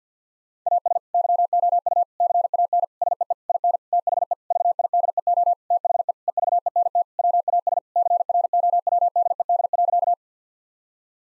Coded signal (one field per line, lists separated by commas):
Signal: Morse code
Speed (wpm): 50 wpm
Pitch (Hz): 700 Hz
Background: none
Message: AS YOU CAN SEE IN THE VIDEO THE EVENT WAS CROWDED.